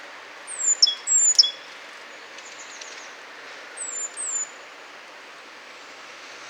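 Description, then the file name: Great tit giving high, thin descending notes with abrupt sharp strokes, a clear burst early on and a fainter pair near four seconds, with background hiss. "Parus major"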